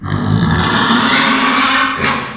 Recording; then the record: squeal of a Yucatan mini pig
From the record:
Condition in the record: after surgery on the right vocal fold (resection and tissue-engineered implant); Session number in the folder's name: 16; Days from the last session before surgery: 183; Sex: female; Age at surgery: 19 weeks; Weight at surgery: 25 kg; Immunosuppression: prednisolone